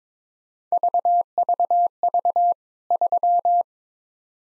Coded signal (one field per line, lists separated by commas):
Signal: Morse code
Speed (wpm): 22 wpm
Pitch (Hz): 700 Hz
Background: none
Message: VVV 3